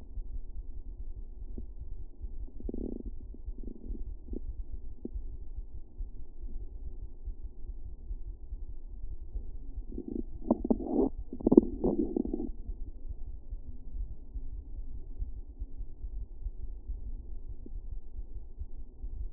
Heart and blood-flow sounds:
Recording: fetal heart sounds by stethoscope on the mother's abdomen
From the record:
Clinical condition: for safety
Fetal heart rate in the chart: 140 bpm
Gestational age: 40 weeks

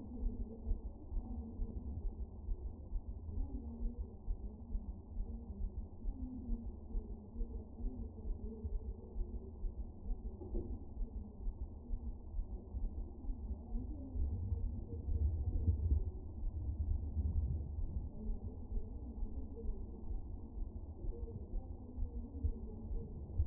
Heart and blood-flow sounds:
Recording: fetal heart sounds by stethoscope on the mother's abdomen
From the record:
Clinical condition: moderate anaemia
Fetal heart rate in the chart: 135 bpm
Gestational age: 39 weeks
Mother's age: 23 years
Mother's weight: 54 kg

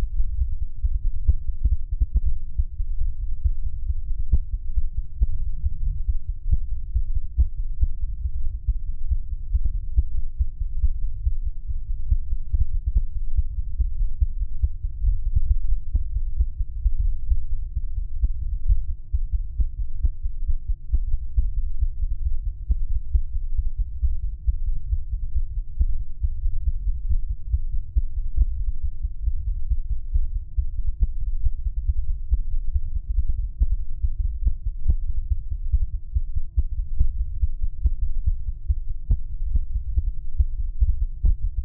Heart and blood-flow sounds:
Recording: fetal heart sounds by stethoscope on the mother's abdomen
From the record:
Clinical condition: bleeding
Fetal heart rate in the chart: 148 bpm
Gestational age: 34 weeks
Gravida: 3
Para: 1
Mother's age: 23 years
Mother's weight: 49 kg

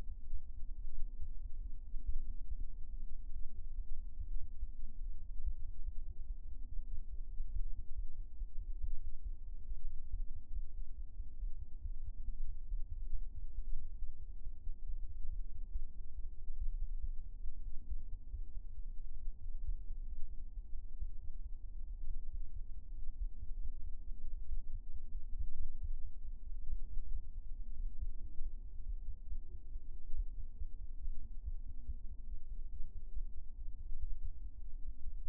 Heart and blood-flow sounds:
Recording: fetal heart sounds by stethoscope on the mother's abdomen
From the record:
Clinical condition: abdominal pain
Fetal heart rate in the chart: 145 bpm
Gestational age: 36 weeks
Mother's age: 19 years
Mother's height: 153 cm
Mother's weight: 63 kg

